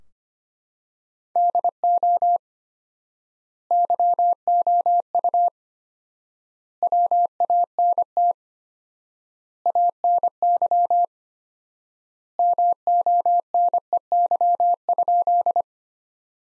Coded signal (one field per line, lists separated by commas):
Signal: Morse code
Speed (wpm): 25 wpm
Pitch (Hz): 700 Hz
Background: none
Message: DO YOU WANT ANY MONEY?